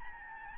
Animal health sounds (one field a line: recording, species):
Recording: mosquito wingbeat signal from an infrared sensor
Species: Aedes albopictus